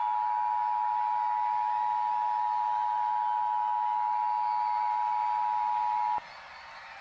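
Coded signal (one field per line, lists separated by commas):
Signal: Emergency Alert System (SAME) tones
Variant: 853 and 960 Hz attention tone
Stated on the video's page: Fictional asteroid impact scenario using valid EAS tones that activate SAME equipment.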